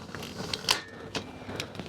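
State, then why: Seated. The frame of a Yaheetech pop-up canopy tent is pulled upward on its fourth leg, and the spring latch on the sliding bracket clicks into the first height hole of the metal leg at 0.7 s, seating it at the first level. Several softer taps and rattles from the frame come before and after the main click.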